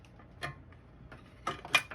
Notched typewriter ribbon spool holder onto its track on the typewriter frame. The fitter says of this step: and it clicks right in the place it works good